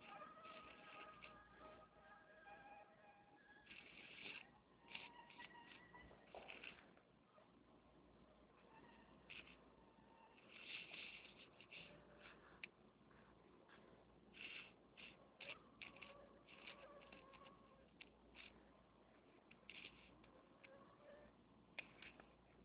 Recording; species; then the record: mosquito flight sound by mobile phone; Anopheles minimus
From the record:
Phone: Nokia 6555B